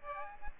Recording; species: mosquito wingbeat signal from an infrared sensor; Aedes aegypti